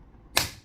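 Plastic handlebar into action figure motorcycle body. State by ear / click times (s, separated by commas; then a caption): seated / 0.4 s. The plastic handlebar of a Spacehog action-figure motorcycle is pushed with some force into its socket in the plastic body. A single sharp, loud snap rings out at 0.4 s over a quiet background and decays quickly. The handlebar is seated in place.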